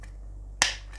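A tight 3D-printed plastic locating noggin is forced into the control head base of a prototype Boeing 737 flight-sim control yoke. After quiet low background hum, a single sharp, bright snap at 0.6 s shows the noggin seating home, with a short decaying tail.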